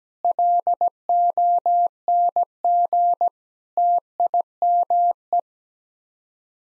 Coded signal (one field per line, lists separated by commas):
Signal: Morse code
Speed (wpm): 17 wpm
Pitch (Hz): 700 Hz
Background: none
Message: LONG TIME